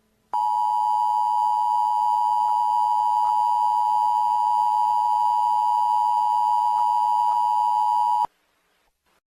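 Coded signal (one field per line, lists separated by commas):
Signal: Emergency Alert System (SAME) tones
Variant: 853 and 960 Hz attention tone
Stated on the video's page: Fictional EAS scenario about a large tornado levelling Wichita, Kansas.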